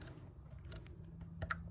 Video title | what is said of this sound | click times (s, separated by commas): 2013-2019 Ford Escape 1.5L Spark Plug Replacement DIY - Includes Seized Plug Fix | Click, down. | 1.5 s